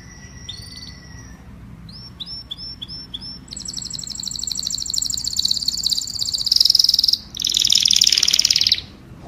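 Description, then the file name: Domestic canary song: thin high whistles, then rapid buzzy trills and rolling phrases that grow louder toward the end, with a short pause before a final loud trill. "Tieng chim hoang yen hot"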